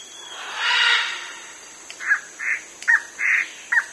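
Bird calls: a hoarse, harsh burst, then a series of short clipped notes at short, even intervals.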